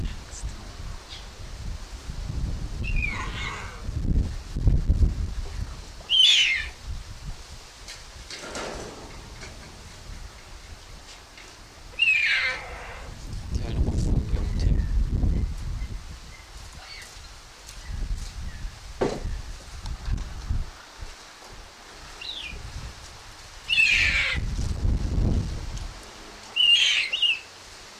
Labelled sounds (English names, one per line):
Puma call